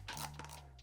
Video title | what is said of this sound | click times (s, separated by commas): 2025 Gun Collection | three clicks and you're good | 0.4 s, 0.8 s